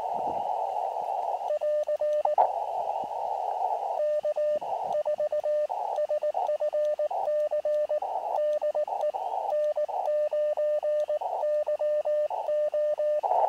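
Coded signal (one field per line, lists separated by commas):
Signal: Morse code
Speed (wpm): 19 wpm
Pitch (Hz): 600 Hz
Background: radio noise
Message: <AR> K4SFC DE N9YO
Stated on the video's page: QRP CW contacts from a lakeside campsite on an Elecraft KX2 with an end-fed antenna in a tree.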